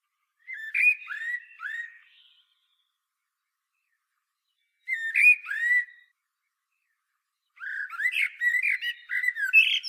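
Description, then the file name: Common blackbird song: three fluty, slurred phrases with thin scratchy flourishes, separated by pauses, the last one busier. "Turdus merula"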